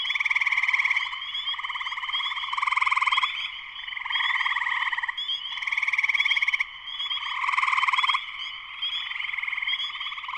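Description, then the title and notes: Spring peepers calling in a thick chorus; shrill peeps run throughout while pulsed trills rise and fall in overlapping bursts. Spring peepers in full chorus shortly after sunset, Sleeping Bear Dunes National Lakeshore, northern Michigan, USA. "Spring peepers (chorus frogs) in concert. Spring peepers (chorus frogs) in full chorus shortly after sunset in the Sleeping Bear Dunes National Lakeshore in northern Michigan, USA. Recorded by Darrin Wassom. Part of the Music for Sleep project"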